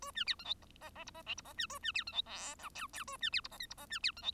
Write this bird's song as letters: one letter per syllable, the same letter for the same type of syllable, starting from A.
A B C D E F F G F H G F B A B C D E I J K K A B C G F L G F B C D E